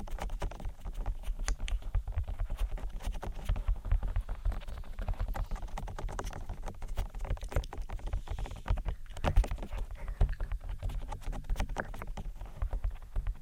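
Close ear-attention ASMR sounds: a busy, continuous run of soft taps and rubbing that rarely pauses. Quick irregular clicks and patters come several per second over a low rumbling, muffled layer like hands cupping and rubbing, with a few sharper taps around nine seconds.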